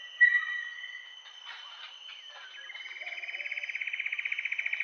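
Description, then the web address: Common paradise kingfisher starting a rapid pulsed trill that grows louder to the end, after a brief whistle and scattered background chirps. Recorded in Indonesia. "ULM-DS-Lab indonesian-bird-sounds. Tanysiptera galatea"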